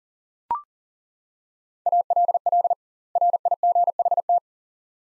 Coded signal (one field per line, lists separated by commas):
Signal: Morse code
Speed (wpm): 40 wpm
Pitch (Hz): 700 Hz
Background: none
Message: ALL RIGHT